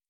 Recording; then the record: hydrophone in a shrimp aquaculture tank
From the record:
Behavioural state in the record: feeding